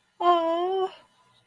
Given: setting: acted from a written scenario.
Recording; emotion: vocal sound without words; adoration